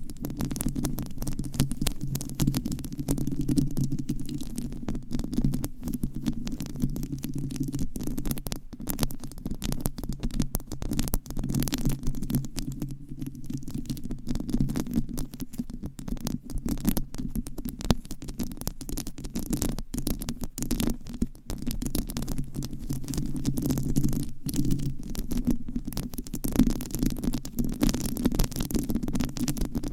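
Scratching, tapping and massage sounds run without pause for the whole half minute. A dense, muffled low rumble of rubbing sits underneath, while quick, irregular scratches and taps crackle over it, thickening in short bursts around the middle and near the end.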